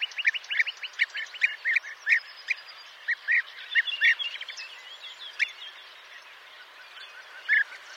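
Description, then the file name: European bee-eater calls: a run of short trilled notes, some with faint higher notes overlapping, thinning out and ending with one isolated call. "Guepier d Europe"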